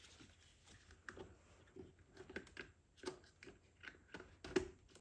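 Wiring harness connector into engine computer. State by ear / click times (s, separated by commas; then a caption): not seated / none. A wiring harness connector is slid onto the engine computer, making a series of short scraping, plasticky rustles and taps, the sharpest at 1.1 s and 4.6 s. It does not lock in place because the connector housing isn't fully reassembled, so nothing has clicked or seated, though it will hold for now.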